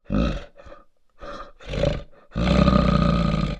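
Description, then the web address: Bear growling: deep, rough roaring growls in several bursts, ending in one long, sustained growl. "lours grogne ou grogne"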